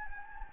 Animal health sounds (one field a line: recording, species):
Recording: mosquito wingbeat signal from an infrared sensor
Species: Anopheles gambiae